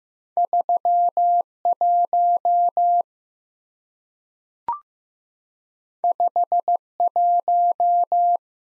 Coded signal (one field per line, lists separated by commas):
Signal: Morse code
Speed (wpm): 15 wpm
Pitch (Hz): 700 Hz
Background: none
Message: 3 1 5 1